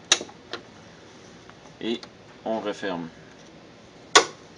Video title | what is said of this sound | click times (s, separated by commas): AA3 départ 3/8 | appuie pour entendre le clé | 0.1 s